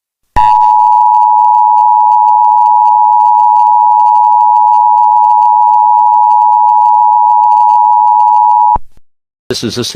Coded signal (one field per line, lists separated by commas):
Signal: Emergency Alert System (SAME) tones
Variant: 853 and 960 Hz attention tone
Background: speech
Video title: An EAS Scenario Story- Not What I Wanted #eas scenario #eas 2023 #eas scenario end of the world